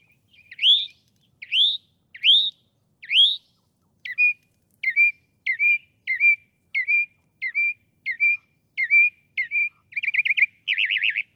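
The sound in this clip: Northern mockingbird song: a run of loud rising whistled notes repeated four times, then a string of shorter clipped notes, ending with rapid buzzy trills.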